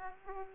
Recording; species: mosquito wingbeat signal from an infrared sensor; Aedes aegypti